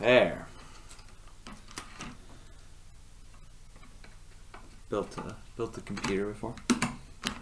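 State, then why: Seated. A DDR4 memory module is pushed down into a motherboard DIMM slot while someone talks over a steady low hum. The retention latch snaps shut with sharp clicks at 6.8 s and 7.3 s, and the RAM is seated and installed.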